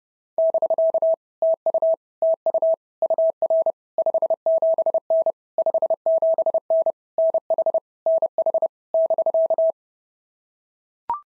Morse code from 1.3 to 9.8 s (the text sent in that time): TU TU UR 57N 57N NH NH <BK>